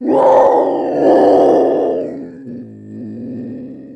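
Leopard roar: a deep, rough, drawn-out grunting bellow with a rasping texture that fades into a lower, quieter groan over about four seconds.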